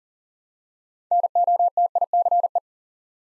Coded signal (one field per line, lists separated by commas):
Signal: Morse code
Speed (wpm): 44 wpm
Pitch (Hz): 700 Hz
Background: none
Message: NOTICE